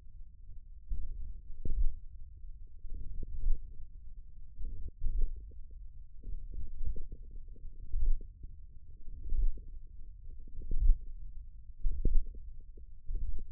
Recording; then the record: forearm muscle sounds (acoustic myography)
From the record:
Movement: hook grip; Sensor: system 1, eight BSWA MPA416 microphones around the upper forearm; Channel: 6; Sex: male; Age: 28 years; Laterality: right